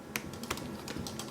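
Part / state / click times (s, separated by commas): figure head into torso / not seated / none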